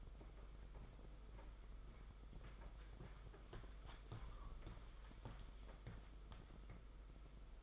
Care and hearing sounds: daily activity, microphone in the room; walk to room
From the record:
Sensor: 5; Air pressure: 991.3 hPa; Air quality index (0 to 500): 92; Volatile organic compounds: 12 ppm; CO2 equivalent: 2338 ppm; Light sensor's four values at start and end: 36/118/44/47 and 33/107/40/43

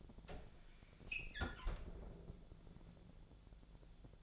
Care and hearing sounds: daily activity, microphone in the room; close fridge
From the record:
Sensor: 5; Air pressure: 1000.1 hPa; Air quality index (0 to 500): 107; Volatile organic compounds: 1 ppm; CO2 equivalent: 863 ppm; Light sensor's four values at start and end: 207/494/209/228 and 200/478/202/220

